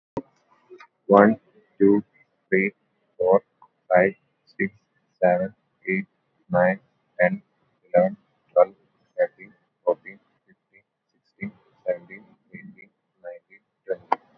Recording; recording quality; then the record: counting at a normal pace; moderate, slight background noise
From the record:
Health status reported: COVID-19 positive, mild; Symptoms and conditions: sore throat, fever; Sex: male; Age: 25 years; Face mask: worn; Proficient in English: yes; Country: India